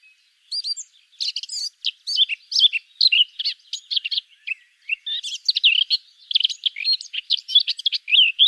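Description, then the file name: Eurasian blackcap warbling continuously, with fast, varied chirps and rich whistled flourishes running almost without a break. "Sylvia atricapilla"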